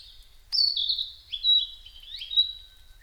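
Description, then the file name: Narcissus flycatcher song: a loud high whistled phrase followed by slurred notes falling and rising. Recorded 5 May 2008 at 07:22. "kibitaki 20080505-0722"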